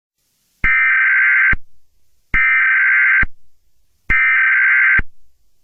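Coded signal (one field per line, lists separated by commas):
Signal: Emergency Alert System (SAME) tones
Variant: header bursts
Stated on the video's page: Mock EAS alert.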